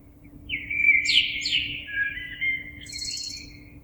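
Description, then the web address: Common blackbird song: a mellow fluted warble sliding down through low whistled notes, ending in a thin, high squeaky twitter. Recorded on 26 April 2022. "oiseaux Merle 2022 04 26"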